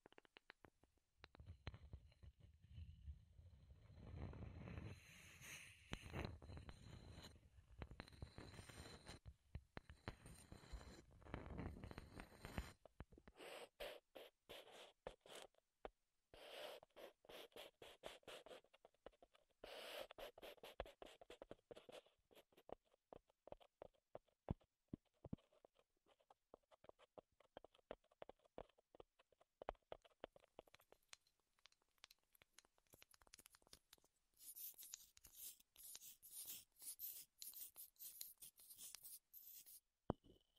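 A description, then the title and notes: Wood triggers: quick taps and clicks on wood come in dense, uneven bursts for the whole clip. The first dozen seconds add a low, rubbing rumble under the tapping. From about 34 seconds a brighter, hissy scratching joins the taps. ASMR Wood Triggers in Your Ears (No Talking).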